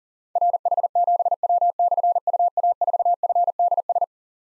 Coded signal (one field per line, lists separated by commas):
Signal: Morse code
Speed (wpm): 39 wpm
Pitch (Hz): 700 Hz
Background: none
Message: RH7W/UA4FDS